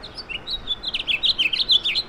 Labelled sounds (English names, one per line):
House Finch song